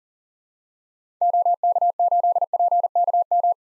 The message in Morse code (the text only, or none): OK8PKM